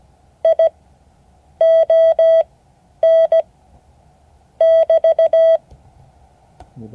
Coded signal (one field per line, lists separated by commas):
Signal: Morse code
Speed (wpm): 17 wpm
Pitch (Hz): 650 Hz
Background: none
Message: I ON <BT>